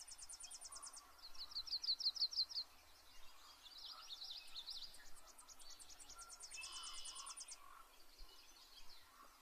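Yellow-rumped warbler song: a loose trill of about eight high notes, among other fast, thin trills.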